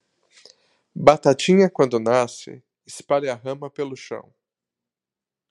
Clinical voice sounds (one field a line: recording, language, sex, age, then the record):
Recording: short text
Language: Brazilian Portuguese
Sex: male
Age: 30 to 39 years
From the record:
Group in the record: control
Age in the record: 34 years